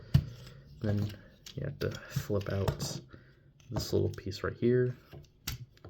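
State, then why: Seated. The plastic bucket of a Transformers Studio Series 86 Scrapper robot toy is folded up while converting it to foot mode, locking into place with a sharp click at 0.2 s. Someone talks throughout, and a few more short ticks are heard near the end, around 5.5 s.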